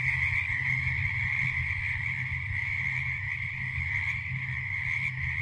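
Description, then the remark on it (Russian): A dense, continuous chorus of frogs croaking in a swamp in the late evening, with a steady high trilling band over low, throbbing croaks that pulse rapidly without pause. No voices are heard. “Поздний вечер. Болото.”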